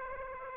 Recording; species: mosquito wingbeat signal from an infrared sensor; Aedes aegypti